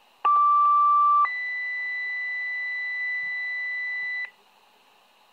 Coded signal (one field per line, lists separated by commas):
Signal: two-tone page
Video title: Motorola minitor V fire pager alerting